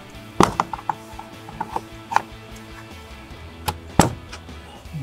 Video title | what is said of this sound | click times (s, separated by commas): 2019-2024 6.4L RAM 2500 S&B Cold Air Intake with Oiled Cleanable Cotton Filter - Review & Install | You can hear that snap as it comes out of those clips. | 0.4 s, 0.6 s